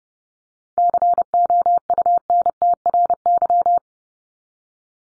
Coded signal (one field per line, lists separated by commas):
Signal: Morse code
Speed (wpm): 30 wpm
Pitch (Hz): 700 Hz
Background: none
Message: COUNTRY